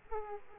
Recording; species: mosquito wingbeat signal from an infrared sensor; Aedes aegypti